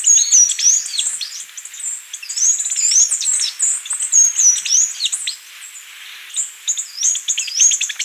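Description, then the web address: Black-capped Hemispingus song, a continuous fast chatter of high squeaky, slurred notes tumbling over one another for the whole stretch. Ecuador. "Birds of Ecuador. Black-Capped Hemispingus"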